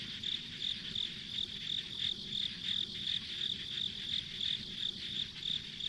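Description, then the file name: Insects: rhythmic high chirps repeating roughly three per second over a constant buzzing drone, soft low noise underneath. Ambient insect sounds on a rural country road. "田舎道の虫の環境音"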